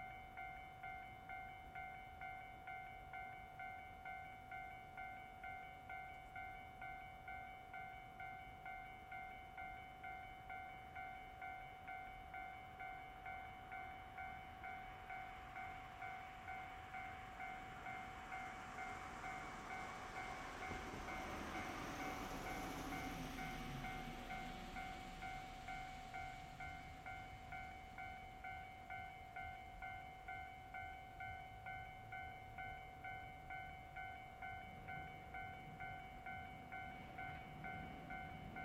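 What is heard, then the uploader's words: A railroad crossing bell rings steadily and rapidly the whole way through, a bright, even ding. From about 15 seconds a train approaches, rumbles loudly past around 22 to 25 seconds, then fades away while the bell keeps ringing. Railroad crossing, Imizu City, Japan. It was recorded at night, so you can only hear the sound of railroad crossings and trains passing by. Recorded by Sekifuji Naotaka.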